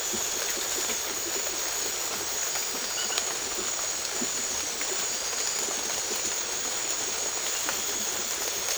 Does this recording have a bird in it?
no